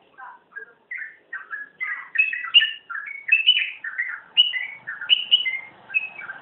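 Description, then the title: Magpie-robin in full song, mixing lower warbled notes with high clear whistles, phrases tumbling together faster and louder toward the middle. "Kicau Kacer"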